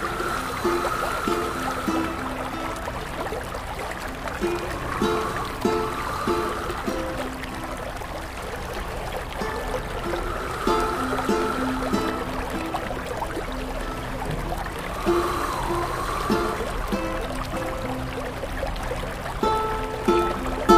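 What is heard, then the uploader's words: Sustained string notes shift in short steps over a dense, steady wash of trickling water, with a wavering voice-like tone recurring every few seconds. Windsong Sound Bath 10305. Strings. Voice. Water.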